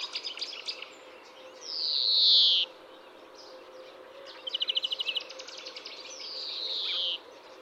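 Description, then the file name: European greenfinch gives a loud, nasal, falling wheeze, then a fast rattling trill, and finally a second, softer drawn-out wheeze; a few short chirps sound at the start. "Chloris chloris"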